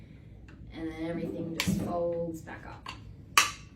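Someone talks while the plastic body of a Good Grips Store and Seal rotary cheese grater, with its barrel cleaned and its handle set for left- or right-handed use, is folded back together. The frame clicks shut into its locked position with one sharp, loud click at 3.4 s.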